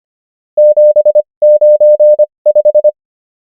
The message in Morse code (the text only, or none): 795